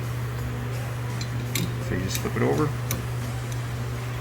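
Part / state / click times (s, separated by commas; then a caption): wiper blade onto windshield wiper arm hook / seated / 2.9 s. A new wiper blade is flipped over and pulled onto the hook of a windshield wiper arm, and its plastic finger clips in with a short, sharp click at 2.9 s, so the blade is seated. Someone talks over a steady low hum, and another brief sharp tick is heard at about 1.6 s.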